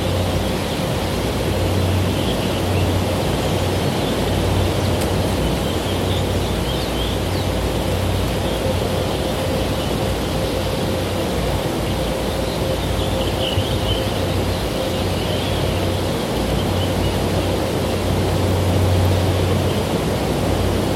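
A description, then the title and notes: A dense noise wall drone built from nature field recordings, holding steady and loud throughout. A deep rumble pulses low beneath a hiss that fills the highs, with a faint thin tone running through the middle and brief chirpy flickers up top near 6 and 14 seconds. Noise wall drone I created using various field recordings of nature, that I made over the last few years.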